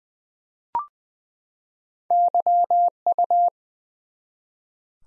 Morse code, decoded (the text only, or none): YU